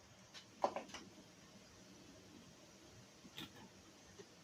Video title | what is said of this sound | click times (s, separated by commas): Ford Escape Radiator Replacement 2001–2007 — Full DIY Step-by-Step Fix! | You should hear a click. | 0.6 s